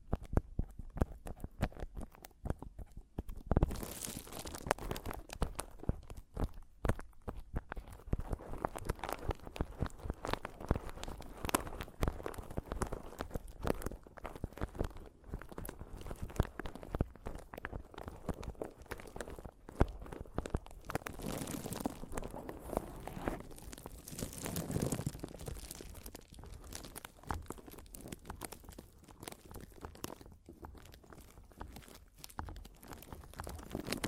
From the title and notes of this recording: ASMR Mic Tapping and Scratching (No Talking).